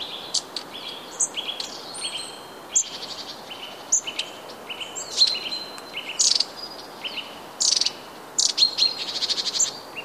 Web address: wroblowe kolekcja raniuszek